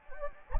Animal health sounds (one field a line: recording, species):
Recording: mosquito wingbeat signal from an infrared sensor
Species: Anopheles gambiae